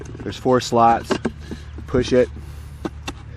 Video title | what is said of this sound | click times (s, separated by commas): Builders Amazed at How it Works!- SOLVES French Drain Problem | twist it, and it locks in place. | 3.1 s